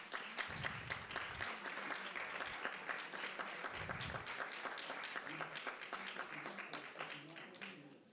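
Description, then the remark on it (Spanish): A crowd at an event in Lima breaks into loud, sustained applause for a guest, a dense wash of many hands clapping steadily for several seconds, with a few brief voices mixed in before it begins to thin out. “que está también con nosotros, y por favor yo pido un fuerte aplauso para él.”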